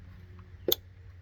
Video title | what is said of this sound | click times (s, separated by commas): Part 2 05-10 3rd Gen RL3 RL4 Honda Odyssey J35A7 Valve Cover Gasket and VVT Solenoid Gasket Replace | Alright, got that tightened up, and we can go ahead and plug in our connector. until it clicks, just like that. | 0.7 s